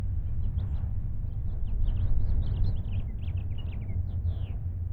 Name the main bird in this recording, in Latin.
Haemorhous mexicanus